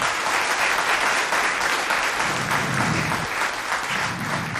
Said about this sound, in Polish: Ogromne brawo jeszcze raz.